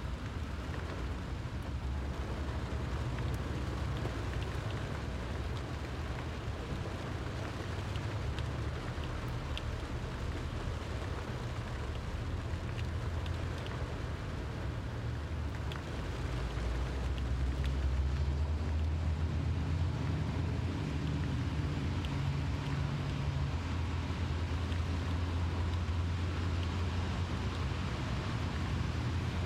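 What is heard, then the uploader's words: Rain on a car, heard as a steady, dense patter over a deep, continuous engine-like rumble. Around the middle the low drone rises in pitch and grows slightly louder, then holds. A few faint, brighter ticks stand out now and then. Sleep Rain On Car Window Ambient Noise.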